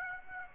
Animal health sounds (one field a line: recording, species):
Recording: mosquito wingbeat signal from an infrared sensor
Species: Aedes aegypti